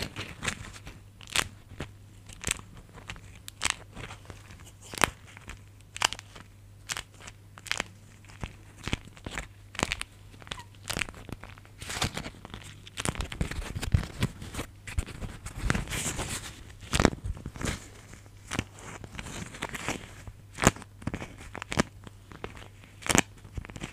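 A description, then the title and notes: Beeswax wrap is tapped, scratched and peeled, giving sharp crinkly crackles and sticky tearing sounds roughly every half second, with denser rustling bursts around 12 to 17 seconds. A steady low hum runs underneath throughout. Beeswax Wrap Triggers INTENSE TINGLING! Tapping, Scratching, Sticky Sounds.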